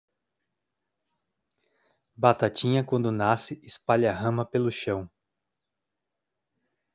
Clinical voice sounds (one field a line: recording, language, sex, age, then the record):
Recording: short text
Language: Brazilian Portuguese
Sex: male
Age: 40 to 49 years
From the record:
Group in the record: control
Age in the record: 41 years